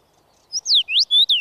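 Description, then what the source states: Common Rosefinch singing a single quick whistled phrase: a short note, then falling, rising and level slurs ending in a downward glide. Featured as nature sound of the week; sings in field-edge thickets, clearing saplings and lush gardens, males typically from a visible perch.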